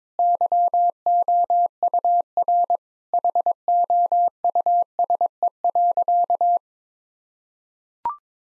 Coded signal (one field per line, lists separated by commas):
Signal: Morse code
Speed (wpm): 22 wpm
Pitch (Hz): 700 Hz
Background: none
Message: YOUR HOUSE.